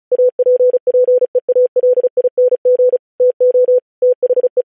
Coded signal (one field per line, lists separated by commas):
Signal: Morse code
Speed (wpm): 36 wpm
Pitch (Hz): 500 Hz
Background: none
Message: APPEALING TO THE